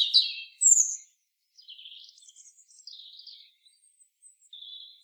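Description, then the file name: European robin song: a loud high trilled burst and a sharp whistle, then softer wavering warbled notes and thin high whistles. "Erithacus rubecula"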